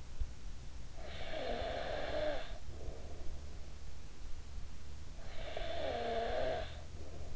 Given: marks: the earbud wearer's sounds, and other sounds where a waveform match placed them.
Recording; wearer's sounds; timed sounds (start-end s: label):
sounds in sleep by an in-ear microphone; snoring breath
0.39-3.30 s: snoring breath
4.73-7.36 s: snoring breath